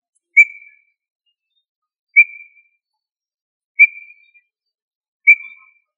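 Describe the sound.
Tinamou calling with four clear, short whistled notes, each nearly level in pitch, spaced about one and a half seconds apart in an otherwise silent background.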